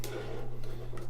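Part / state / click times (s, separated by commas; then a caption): battery compartment cover on a head torch / seated / 0.0 s. The plastic battery compartment cover of a Mammut X-Shot head torch is pressed shut after three new batteries are fitted, and it clicks back into place at 0.0 s. Two fainter knocks follow at about 0.6 s and 1.0 s over a steady low hum. The cover is seated.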